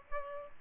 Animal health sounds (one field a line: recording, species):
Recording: mosquito wingbeat signal from an infrared sensor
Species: Aedes albopictus